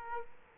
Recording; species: mosquito wingbeat signal from an infrared sensor; Aedes aegypti